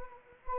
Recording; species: mosquito wingbeat signal from an infrared sensor; Anopheles arabiensis